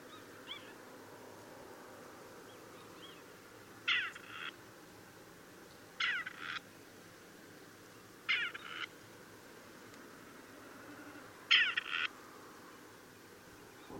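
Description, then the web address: Grey partridge giving harsh, grating rasped calls, four separate bursts spaced roughly two to three seconds apart over a quiet background hiss. "chant xeno-canto perdrix grise"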